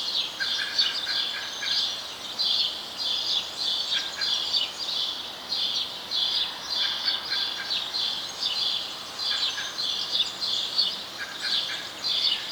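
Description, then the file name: House sparrow chirping, a dense string of bright chirps with occasional lower clipped notes beneath, over faint hiss. "Passer domesticus"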